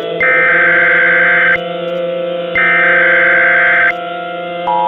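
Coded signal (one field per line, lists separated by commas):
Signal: Emergency Alert System (SAME) tones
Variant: header bursts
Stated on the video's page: Fictional tornado outbreak EAS scenario, not a real alert.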